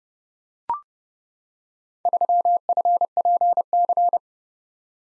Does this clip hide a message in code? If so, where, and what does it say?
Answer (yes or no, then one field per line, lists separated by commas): yes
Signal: Morse code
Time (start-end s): 2.1-4.2 s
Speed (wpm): 30 wpm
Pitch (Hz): 700 Hz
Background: none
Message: 3FPC